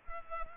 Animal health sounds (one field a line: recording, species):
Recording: mosquito wingbeat signal from an infrared sensor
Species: Culex pipiens